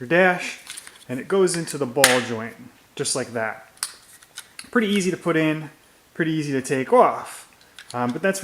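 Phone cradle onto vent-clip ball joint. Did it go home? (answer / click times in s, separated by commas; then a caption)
yes / 3.8 s. A plastic phone cradle from a DesertWest air-vent car phone mount is pushed onto the ball joint of the metal-and-plastic vent clip while someone talks. It snaps into place with a sharp click at 3.8 s, followed by a few fainter clicks, and the cradle is seated on the ball joint.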